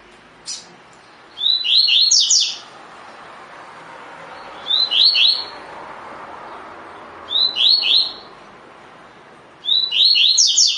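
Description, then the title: Double-collared seedeater singing short, bright bursts of quick high whistled notes, four phrases spaced a few seconds apart, with a faint background hiss. Double-collared seedeater in the "tui tui" song style; the source labels the bird "fibra". "COLEIRO DE GOLA TUI TUI FIBRA"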